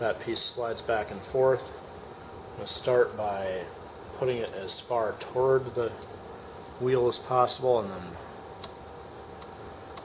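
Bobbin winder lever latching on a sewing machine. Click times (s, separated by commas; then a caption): 8.6 s, 10.0 s. Someone talks while the bobbin winder on a sewing machine, set as far toward the handwheel as possible, has its metal lever pushed over. Short clicks sound at 8.6 s and 10.0 s, but the lever does not snap all the way over to lock.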